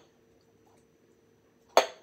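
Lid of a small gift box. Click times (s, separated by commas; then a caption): 1.8 s. The lid of a small decorative gift box is pressed closed over a faint, steady background hum, and a single sharp snap is heard at 1.8 s, fading quickly. The lid snaps into place, though the box does not close very tightly.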